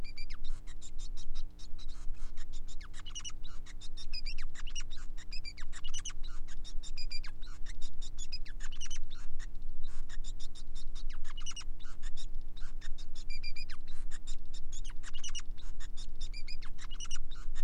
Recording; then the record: song of a male Bengalese finch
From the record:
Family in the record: son of father 5